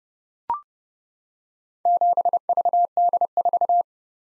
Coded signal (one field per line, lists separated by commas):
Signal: Morse code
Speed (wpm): 30 wpm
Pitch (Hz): 700 Hz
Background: none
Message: 7VD4